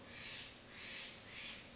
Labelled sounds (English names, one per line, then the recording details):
Steller's Jay
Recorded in Sonoma County, California